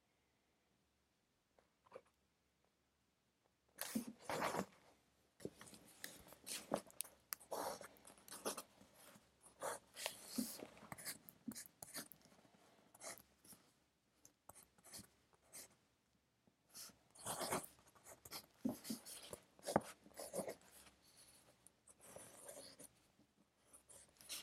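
Pencil writing while studying: after a near-silent opening with a couple of faint ticks around two seconds, dense scratchy strokes start at about four seconds and continue in irregular bursts with brief pauses to the end. A faint low hum sits underneath.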